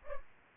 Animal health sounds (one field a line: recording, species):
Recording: mosquito wingbeat signal from an infrared sensor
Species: Culex pipiens